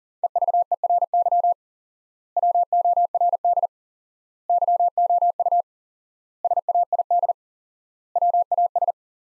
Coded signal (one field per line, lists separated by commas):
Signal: Morse code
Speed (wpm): 40 wpm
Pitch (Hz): 700 Hz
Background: none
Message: EVERY WORD YOU SAID WAS